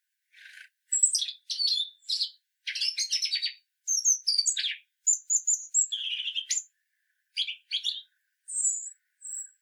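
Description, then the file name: European robin song: quick, high phrases of thin whistles, trills and sharp twitters, delivered in short bursts separated by brief pauses. "Erithacus rubecula"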